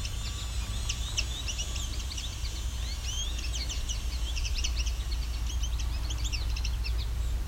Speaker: Very talkative male American goldfinch.